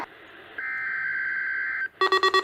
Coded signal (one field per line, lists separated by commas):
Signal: Emergency Alert System (SAME) tones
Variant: header bursts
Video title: EAS #116-118: Required Weekly Test